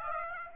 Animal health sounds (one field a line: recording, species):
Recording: mosquito wingbeat signal from an infrared sensor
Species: Aedes aegypti